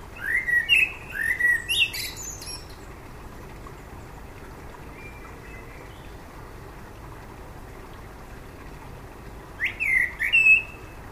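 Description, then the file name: Common blackbird singing fluted, warbling phrases with thin squeaky flourishes, one burst at the start, a long quiet pause, then another phrase near the end. "Turdus merula"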